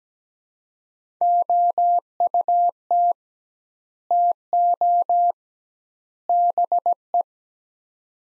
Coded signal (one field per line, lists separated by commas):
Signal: Morse code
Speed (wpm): 17 wpm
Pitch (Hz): 700 Hz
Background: none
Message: OUT TO BE